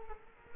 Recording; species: mosquito wingbeat signal from an infrared sensor; Culex quinquefasciatus